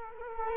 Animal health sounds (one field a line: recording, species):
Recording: mosquito wingbeat signal from an infrared sensor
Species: Culex quinquefasciatus